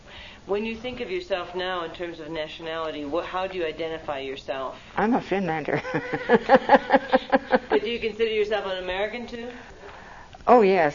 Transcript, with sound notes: When you think of yourself now in terms of nationality, wh—how do you identify yourself?
I'm a Finlander (laughs)
Do you consider yourself an American too?
Oh yes.